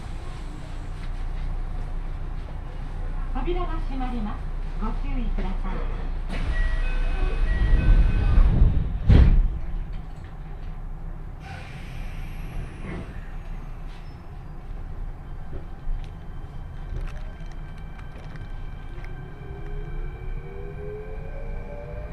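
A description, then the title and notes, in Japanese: A steady low rumble of a train ride runs throughout, with a constant deep drone beneath. Around seconds 6 to 10 the noise swells with brief tonal squeals and a sharp clatter near nine seconds, then settles back; a rising whine appears near the end. 鉄道旅 汐見橋→岸里玉出→なんば→大物。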